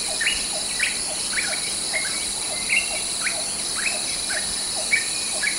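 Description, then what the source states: Olive-winged bulbul calling in a series of brief rising chirps, some paired with lower notes, over a continuous high-pitched insect chorus. Recorded at Danum on 9 August 2009.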